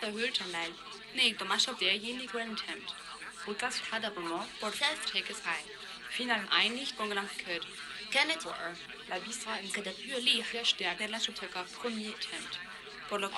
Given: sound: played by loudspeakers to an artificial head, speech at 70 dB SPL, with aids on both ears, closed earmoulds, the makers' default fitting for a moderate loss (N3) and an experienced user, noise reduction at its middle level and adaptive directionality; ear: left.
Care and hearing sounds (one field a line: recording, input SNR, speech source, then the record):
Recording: speech test signal (ISTS) in cocktail-party noise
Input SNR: +3 dB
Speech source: in front (0 degrees)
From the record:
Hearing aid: class 1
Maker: E